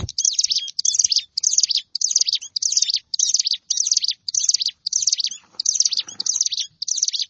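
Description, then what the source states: Prinia song: loud high buzzy, scratchy phrases repeated steadily, with brief gaps between, through the whole stretch; little else heard. Recorded in a rice field.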